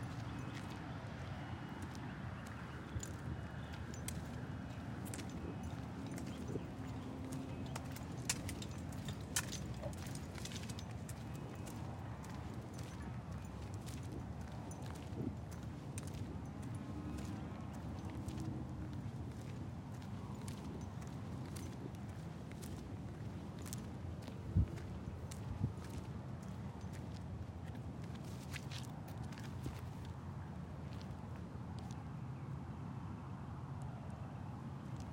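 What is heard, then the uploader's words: Walking a dog at night through a Phoenix, Arizona neighborhood. A steady low rumble of traffic runs throughout, while frequent short clicks and taps of footsteps come and go, busiest around 8–12 and 28–30 seconds. A sharper knock lands near 25 seconds. Walking the dog at night through my neighborhood in Phoenix Arizona. Join me and my dog on a cool evening walk around our neighborhood.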